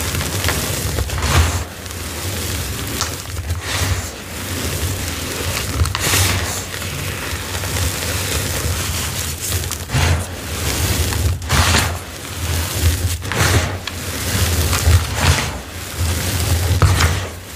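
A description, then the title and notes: Gritty cornstarch is crushed and crumbled in dense, crackly bursts every second or two, over a steady low hum. Gritty Crunchy Rose Slab. ASMR Cornstarch Crumble. Gritty, crunchy cornstarch crushing and crumbling asmr sounds.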